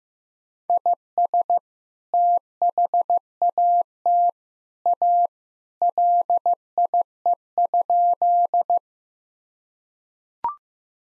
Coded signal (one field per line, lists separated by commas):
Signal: Morse code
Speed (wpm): 15 wpm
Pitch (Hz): 700 Hz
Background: none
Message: IS THAT A LIE?